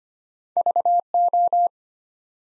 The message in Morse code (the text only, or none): VO